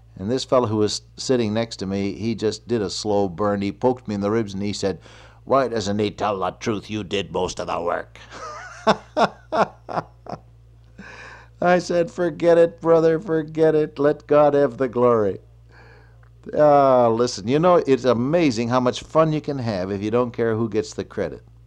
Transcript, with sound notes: And this fellow who was sitting next to me, he just did a slow burn, he poked me in the ribs and he said, “Why doesn’t he tell the truth? You did most of the work.” [chuckle] I said, “Forget it, Brother, forget it. Let God have the glory.” Listen, it’s amazing how much fun you can have if you don’t care who gets the credit.